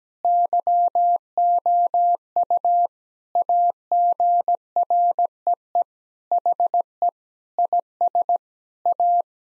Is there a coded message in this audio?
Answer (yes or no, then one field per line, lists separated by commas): yes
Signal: Morse code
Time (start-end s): 0.2-9.2 s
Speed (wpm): 17 wpm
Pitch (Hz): 700 Hz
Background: none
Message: YOU AGREE HE IS A